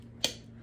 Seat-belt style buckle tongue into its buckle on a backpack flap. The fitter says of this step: So it has the little seat belt closure. Listen for the click.